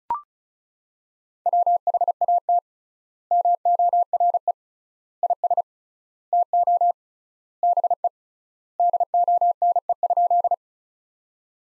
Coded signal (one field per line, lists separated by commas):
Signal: Morse code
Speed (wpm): 36 wpm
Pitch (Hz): 700 Hz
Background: none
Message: WHAT MORE IS TO BE DONE?